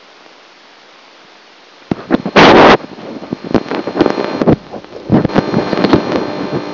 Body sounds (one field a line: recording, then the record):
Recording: brain microelectrode recording played as sound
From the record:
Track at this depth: outside the subthalamic nucleus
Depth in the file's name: -0.043 mm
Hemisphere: left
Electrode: 1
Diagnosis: Parkinson's disease